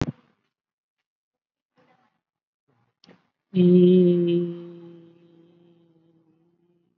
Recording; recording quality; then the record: sustained vowel as in beet; excellent, no background noise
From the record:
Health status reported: COVID-19 positive, mild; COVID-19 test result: positive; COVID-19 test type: RT-PCR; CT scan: not taken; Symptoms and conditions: hypertension, diabetes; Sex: female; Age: 57 years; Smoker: no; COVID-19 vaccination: none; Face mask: not worn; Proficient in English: no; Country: India